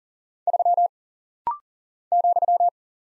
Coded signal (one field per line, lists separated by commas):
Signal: Morse code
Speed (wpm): 40 wpm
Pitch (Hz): 700 Hz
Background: none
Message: 3 ,